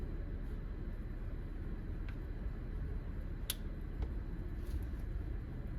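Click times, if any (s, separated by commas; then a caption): 3.5 s. During engine removal on a 1997 Toyota Tacoma 3RZ, the retaining clip on the front of a plastic sensor wiring connector on the engine's intake side is worked loose by hand. Against a steady broadband hiss, faint ticks come at about 2.1 s and 4.0 s, and a loud, sharp snap at 3.5 s marks the clip letting go. The connector clip is released.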